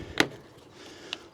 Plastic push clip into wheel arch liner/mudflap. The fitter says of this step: It makes a nice click sound as it goes in.